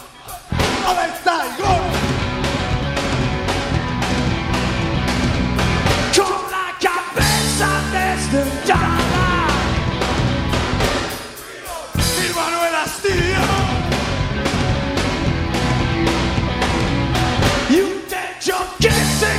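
A raw live rock band plays loud and dense, with pounding steady drums, driving guitars and shouted vocals, briefly dropping into short breaks before crashing back in at full force.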